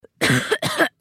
Coughs.